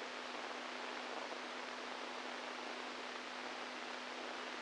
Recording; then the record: brain microelectrode recording played as sound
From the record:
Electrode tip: inside the subthalamic nucleus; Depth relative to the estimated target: 1 mm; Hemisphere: right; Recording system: NeuroSet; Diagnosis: Parkinson's disease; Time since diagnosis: 10 years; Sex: male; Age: 65 years